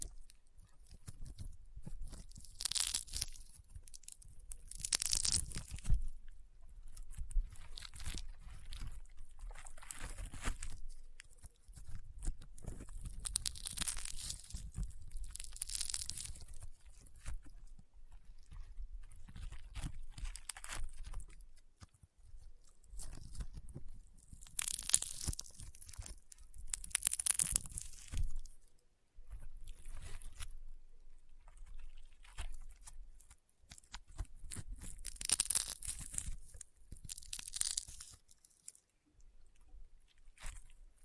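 Crunchy slime is squeezed and pressed in repeated bursts, each a dense crackle with bright popping snaps, roughly every few seconds across the clip. Short quiet gaps separate the bursts, and a soft low thumping runs underneath the handling.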